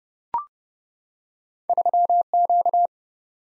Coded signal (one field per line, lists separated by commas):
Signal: Morse code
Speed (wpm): 31 wpm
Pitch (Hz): 700 Hz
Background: none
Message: 3Q